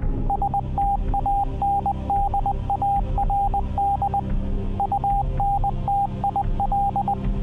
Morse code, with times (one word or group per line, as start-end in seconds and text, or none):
0.3-4.2 STANDARD
4.8-7.1 UNTIL